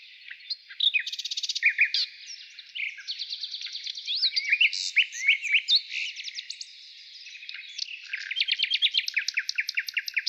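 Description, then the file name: Nightingale delivering rich, fast song phrases of staccato repeated notes, whistles and rattling trills, ending in a long run of sharp rhythmic notes. Morning song. "Utro i solovey"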